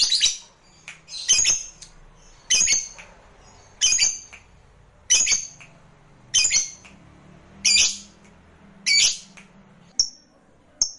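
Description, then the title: Lovebird calls, loud harsh squawks repeated roughly every 1.3 seconds, ending with two short thin high notes. Recording meant to spur a reluctant lovebird into spontaneous, eager, sustained singing. "LOVEBIRD Malas Bunyi JADI GREGET SPONTAN Langsung NARIK"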